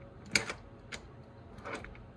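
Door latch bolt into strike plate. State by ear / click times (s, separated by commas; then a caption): not seated / none. A door fitted with an LCN closer is let go with its latch bolt resting on the strike plate, and a few light clicks and taps sound as the closer fails to pull it home. The latch never catches, and nothing has clicked into the strike yet.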